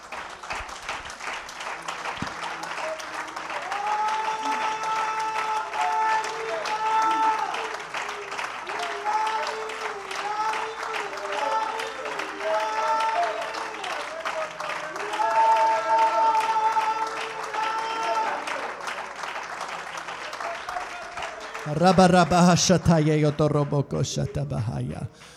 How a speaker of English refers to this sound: Praise the Lord. Can we put our hands together? Can we clap?